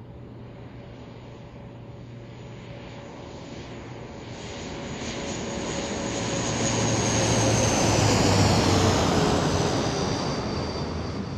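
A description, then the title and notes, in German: An airplane approaches Kloten airport for landing on runway 14, its roar swelling steadily from about four seconds and peaking around eight to nine before easing slightly. A low rumble carries throughout, with a faint whine and a high hiss rising as it passes. September, 13:24 CET. Flughafen Kloten. Im Minutentakt fliegen sie an. Auf die Piste 14.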